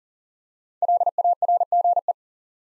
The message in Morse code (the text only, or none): LARGE